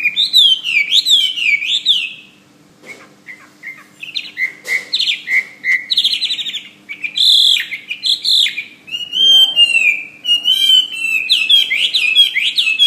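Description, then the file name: Hwamei singing loud slurred whistles, a quieter gap with scattered short notes, then resuming with fast varied warbling phrases. "omkicau hwamey"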